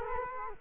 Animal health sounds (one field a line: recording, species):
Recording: mosquito wingbeat signal from an infrared sensor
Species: Culex quinquefasciatus